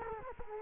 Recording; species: mosquito wingbeat signal from an infrared sensor; Culex quinquefasciatus